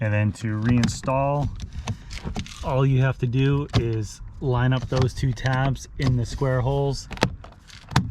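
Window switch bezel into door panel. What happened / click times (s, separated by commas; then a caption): The plastic trim piece snapped into its panel / 8.0 s. Someone talks while the plastic rear window switch bezel of a 2007–2014 Escalade, Tahoe, Suburban, Yukon or Denali has its two tabs lined up in the square holes of the door panel. It is pushed down and snaps home with a sharp click at 7.9 s, and the bezel is seated in the door panel.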